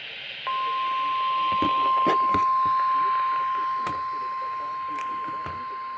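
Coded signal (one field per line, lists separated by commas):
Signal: Emergency Alert System (SAME) tones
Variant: 1050 Hz attention tone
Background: speech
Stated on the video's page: Required Weekly Tests from weather radio stations KEC80 and KXI89.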